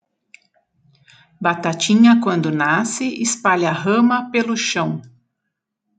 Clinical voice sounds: short text; Brazilian Portuguese; female; 50 to 59 years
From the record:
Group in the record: control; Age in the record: 52 years

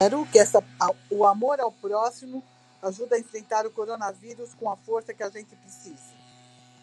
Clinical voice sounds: spoken sentence; Brazilian Portuguese; female; 60 to 69 years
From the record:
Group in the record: control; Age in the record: 63 years

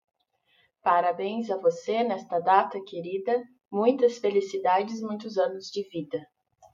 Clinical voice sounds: short text; Brazilian Portuguese; female; 30 to 39 years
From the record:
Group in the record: control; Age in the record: 31 years

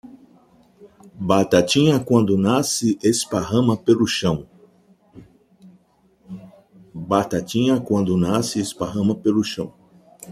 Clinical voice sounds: short text; Brazilian Portuguese; male; 60 to 69 years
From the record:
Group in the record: control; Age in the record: 60 years

